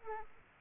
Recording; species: mosquito wingbeat signal from an infrared sensor; Aedes aegypti